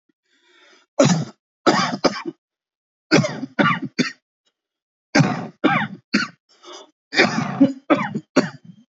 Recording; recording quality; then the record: heavy voluntary cough; excellent, no background noise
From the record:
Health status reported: healthy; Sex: male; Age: 34 years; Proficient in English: yes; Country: India